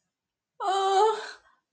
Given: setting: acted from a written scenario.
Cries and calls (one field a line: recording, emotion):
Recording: vocal sound without words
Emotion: distress